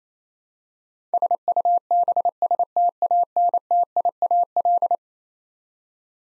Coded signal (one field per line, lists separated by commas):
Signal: Morse code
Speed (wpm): 28 wpm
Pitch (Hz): 700 Hz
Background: none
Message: SUBSTANTIAL